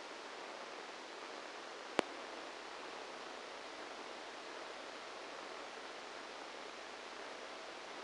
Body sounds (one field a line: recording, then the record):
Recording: brain microelectrode recording played as sound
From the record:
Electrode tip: outside the subthalamic nucleus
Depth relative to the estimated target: -10 mm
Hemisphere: right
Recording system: NeuroSet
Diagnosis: Parkinson's disease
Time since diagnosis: 8 years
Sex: male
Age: 58 years